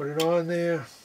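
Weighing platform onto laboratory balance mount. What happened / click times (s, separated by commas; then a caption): The platform is being handled and has not locked in yet / none. A weighing platform with two plastic tabs is being placed onto the mount of a Sartorius Cubis II laboratory balance, to be turned until it twist-locks in place. Someone talks for most of the clip, then it goes quiet near the end. Nothing has seated or clicked yet.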